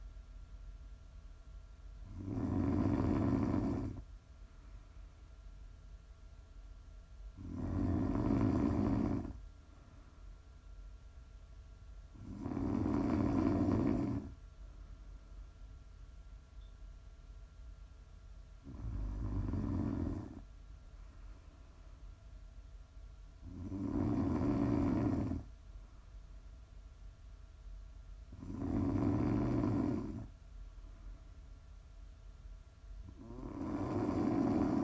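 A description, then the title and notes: Snoring repeats in slow, regular cycles, a loud rasping breath about every five to six seconds, each lasting one to two seconds with a deep, rumbling core. Between snores there is a low, steady hush with faint, thin tones running underneath. Please enjoy some prime ASMR snoring.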